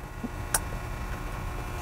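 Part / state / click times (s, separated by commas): USB dongle plug into control screen port A / seated / 0.6 s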